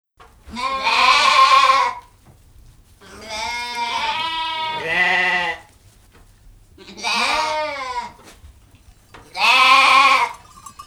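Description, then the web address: Sheep bleating, four separate loud tremulous bleats spread over several seconds, one stretched and faltering, quiet between calls. Ewes on a farm. "Les brebis. un jour a la ferme"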